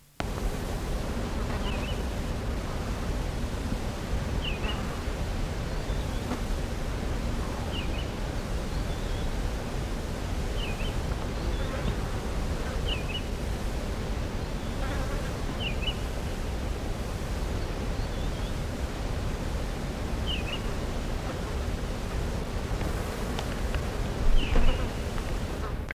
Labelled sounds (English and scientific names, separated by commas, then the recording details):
Blackstart (Oenanthe melanura) call
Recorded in the wild
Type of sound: call
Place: En Netafim, IL
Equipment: Halbspur, 9,5 cm/s
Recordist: Lütgens, Hans
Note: Rufe